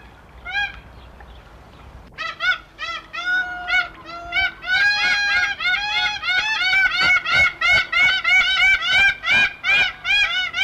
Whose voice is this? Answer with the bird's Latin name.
Larus belcheri